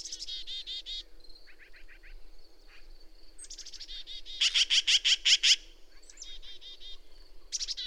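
Bird singing rapid bursts of sharp repeated notes, one loud run of several notes midway, among quieter chirps.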